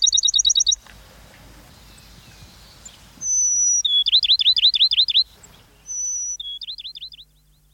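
Bachman's sparrow song: a high, clear, sustained whistle followed by a fast trill of sharp notes, the phrase given twice after an opening trill.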